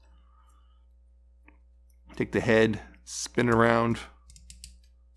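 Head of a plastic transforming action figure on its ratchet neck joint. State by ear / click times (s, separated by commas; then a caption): seated / 4.5 s, 4.6 s. Someone talks, then the robot head of a plastic transforming action figure is spun around on its ratchet neck joint. It gives several sharp ratchet clicks as it turns and clicks into place at 4.5 and 4.6 seconds.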